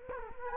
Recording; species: mosquito wingbeat signal from an infrared sensor; Culex quinquefasciatus